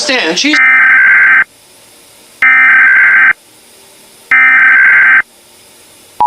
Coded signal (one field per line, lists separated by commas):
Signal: Emergency Alert System (SAME) tones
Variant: header bursts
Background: speech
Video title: Poorly made EAS scenario (The Crucible)